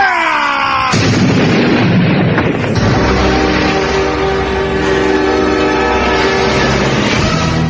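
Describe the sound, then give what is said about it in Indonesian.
A sudden, thunderous explosion caused by the hands of two fighters clashing bursts in after a brief tonal lead-in, followed by a second heavy boom and a long, dense rumbling roar that stays loud to the end. “Ledakan keras terdengar dengan hebat akibat benturan tangan dari kedua tokoh ini.”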